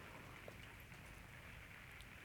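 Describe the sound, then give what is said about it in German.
Steady rain falls in a soft, continuous hiss, with a dense speckle of tiny drops pattering throughout and no voices or other sounds breaking through. “Jetzt höre ich ihn wieder, den Regen.”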